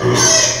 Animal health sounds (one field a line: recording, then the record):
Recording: squeal of a Yucatan mini pig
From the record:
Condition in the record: before surgery on the right vocal fold (resection and tissue-engineered implant)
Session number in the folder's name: 2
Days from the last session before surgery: 0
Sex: male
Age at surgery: 12 weeks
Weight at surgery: 13 kg